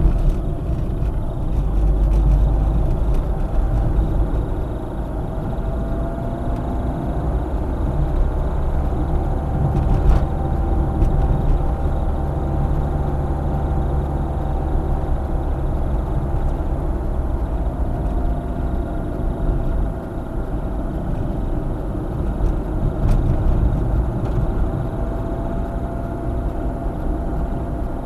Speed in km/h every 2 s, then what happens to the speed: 36, 41, 46, 49, 51, 50, 50, 48, 45, 42, 41, 44, 46, 48.
0-7 speeds up to 51. 7-15 steady at about 50. 15-19 slows to 41. 19-28 steady at about 44.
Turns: 15-28.